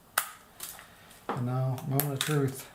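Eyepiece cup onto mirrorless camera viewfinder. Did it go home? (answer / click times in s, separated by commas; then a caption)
yes / 0.2 s. The rubber/plastic eyepiece cup is slid back onto the viewfinder of a reassembled Sony A7R III mirrorless camera after its viewfinder glass has been replaced. It clicks into place with a sharp, loud snap at 0.2 s, followed by a softer tap around 0.6 s. Someone then talks.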